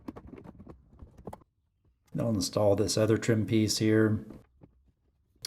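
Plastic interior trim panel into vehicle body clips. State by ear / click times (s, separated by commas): seated / 5.4 s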